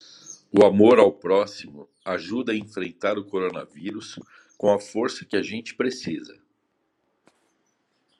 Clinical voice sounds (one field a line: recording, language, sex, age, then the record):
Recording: spoken sentence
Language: Brazilian Portuguese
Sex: male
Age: 50 to 59 years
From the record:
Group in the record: control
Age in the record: 57 years